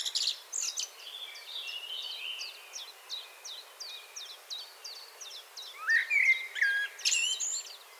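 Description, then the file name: Common blackbird giving brief warbled whistles near the start and again late on, over a steady series of short high chirps repeated about three times a second. "Turdus merula"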